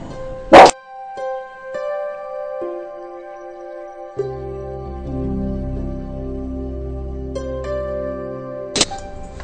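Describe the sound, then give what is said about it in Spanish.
A small female dog lets out two sharp, high barks, one near the start and one near the end, at birds she sees through a window, while steady humming tones and low droning music fill the gap between them. “Están fluyendo, así como mi perrita, que le está ladrando a las aves que ve por la ventana.”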